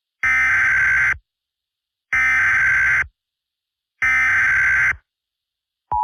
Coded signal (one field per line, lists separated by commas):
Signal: Emergency Alert System (SAME) tones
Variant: header bursts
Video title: eas scenario catemojibabyheat part 29 in the city